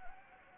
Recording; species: mosquito wingbeat signal from an infrared sensor; Anopheles gambiae